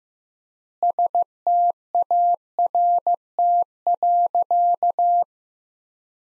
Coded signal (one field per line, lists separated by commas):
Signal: Morse code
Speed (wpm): 16 wpm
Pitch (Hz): 700 Hz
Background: none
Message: START.